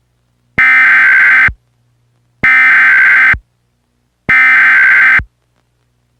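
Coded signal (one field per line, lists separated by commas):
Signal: Emergency Alert System (SAME) tones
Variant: header bursts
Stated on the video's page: Mock wildfire warning alert made with a self-made macro; not real.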